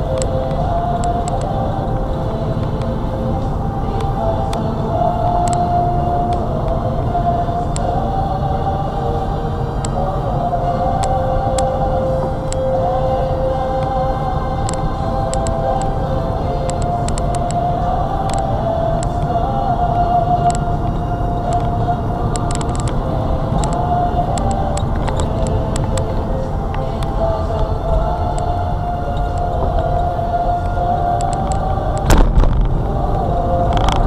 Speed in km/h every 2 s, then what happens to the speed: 45, 48, 47, 45, 44, 40, 40, 44, 44, 44, 48, 52, 42, 29, 27, 34, 48.
3-12 slows to 40. 12-18 steady at about 44. 18-22 speeds up to 52. 22-26 brakes to 29. 29-34 speeds up to 48.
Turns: none.